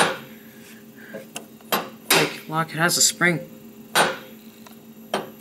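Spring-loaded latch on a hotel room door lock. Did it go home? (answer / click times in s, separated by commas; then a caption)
no / none. A spring-loaded metal latch on a hotel room door lock is handled, with sharp metallic taps and knocks at about 1.4, 2.1, 4.7 and 5.1 seconds, and someone talks in between. Nothing has seated or clicked into place yet.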